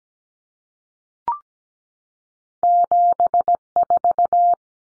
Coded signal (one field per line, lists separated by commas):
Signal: Morse code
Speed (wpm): 17 wpm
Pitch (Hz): 700 Hz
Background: none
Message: 74